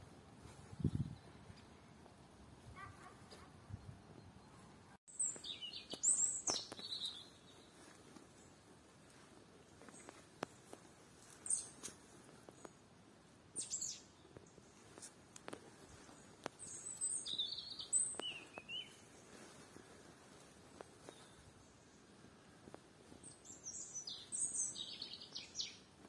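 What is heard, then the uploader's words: A bird sings in bright, high bursts of chirps and trills, starting around five seconds and returning in clusters near 6, 8, 14, 18 and 25 seconds. Short clicks and taps scatter throughout over a soft, steady low rumble. Beautiful Morning İn Nature. A bird with a beautiful voice.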